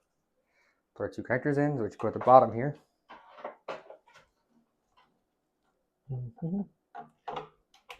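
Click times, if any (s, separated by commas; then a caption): 7.3 s, 7.7 s. Someone talks, then two power cable connectors for the 24-pin motherboard cable are pushed into the sockets at the bottom of a modular power supply. Sharp plastic clicks are heard at about 7.3 s and 7.7 s as the connectors latch and seat.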